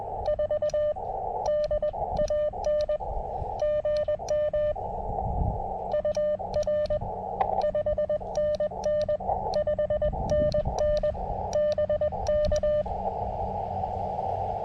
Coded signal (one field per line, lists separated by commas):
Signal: Morse code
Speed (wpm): 21 wpm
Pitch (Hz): 600 Hz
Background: radio noise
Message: 4 DAN GM UR 5NN 5NN BK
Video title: A little unplanned CW POTA at K-2099